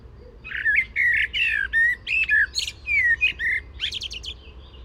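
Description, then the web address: Common blackbird song: a string of mellow, warbled whistles rising and falling, closing with a rapid burst of thin, high chattering notes. "SETE data Turdus merula"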